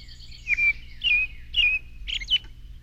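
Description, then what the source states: Baltimore Oriole song: five rich whistled notes, the first four about half a second apart, the last pair closer together and higher, over a faint low hum. Orange and black bird that builds long bag-like nests hanging 10 feet or more from high branches; many families may share a nest.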